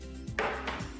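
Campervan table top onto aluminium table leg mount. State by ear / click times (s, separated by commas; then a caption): seated / 0.4 s. A removable campervan table top is pushed down onto an aluminium table leg mount and clicks into place with a sharp, loud hit at 0.4 seconds, followed by a softer knock at 0.7 seconds over a steady low hum. The top is seated on the leg.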